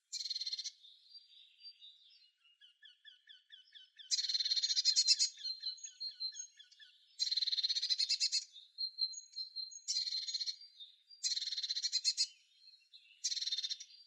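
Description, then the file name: Eurasian blue tit giving buzzy, rapidly pulsed churring bursts about a second long, six in all, with soft thin chittering notes between them. "Cyanistes caeruleus"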